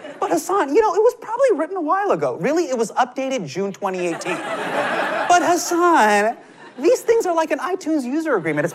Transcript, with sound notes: But Hasan, you know, it was probably written awhile ago. Really? It was updated June 2018.
(LAUGHTER)
But Hasan, these things are like an iTunes user agreement.